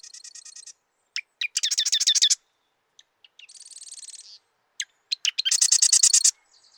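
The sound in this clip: Marsh wren song: bursts of rapid, rattling, buzzy trills, each lasting about a second and led in by sharp ticking clicks, several songs in quick succession.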